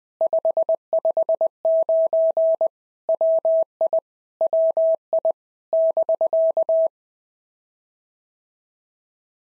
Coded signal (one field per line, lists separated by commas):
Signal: Morse code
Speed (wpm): 19 wpm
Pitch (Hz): 650 Hz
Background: none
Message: 559 WI WI <BK>